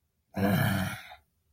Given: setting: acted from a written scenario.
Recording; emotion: vocal sound without words; anger